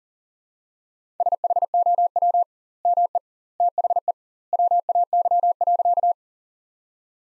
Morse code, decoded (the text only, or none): SHOW ME THE WAY.